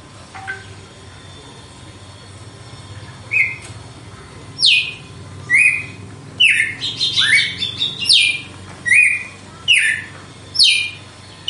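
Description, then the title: Red-cowled cardinal song: loud, clear whistled notes, mostly sharp downslurs, delivered in a series about once a second after a quiet opening, with a denser cluster in the middle. Female; song described as a pure, strong, clean and measured 'açoite' style. "Canto Galo Campina Fêmea. GALO DE CAMPINA, AÇOITE PURO, FORTE, LIMPO E COMPASSADO"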